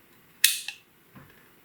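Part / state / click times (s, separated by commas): thumb turn holding the latch bolt of a rim night latch / seated / 0.4 s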